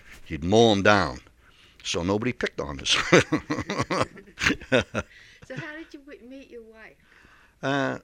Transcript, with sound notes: He'd mow them down. So nobody picked on us. (they laugh)
So how did you meet your wife?